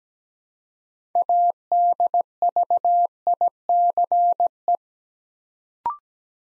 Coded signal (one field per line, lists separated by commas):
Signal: Morse code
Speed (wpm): 17 wpm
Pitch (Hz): 700 Hz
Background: none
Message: ADVICE